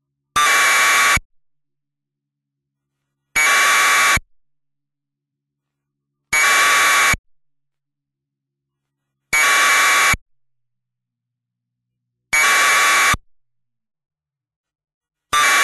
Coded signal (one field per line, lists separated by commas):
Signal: packet radio (AX.25, as in APRS)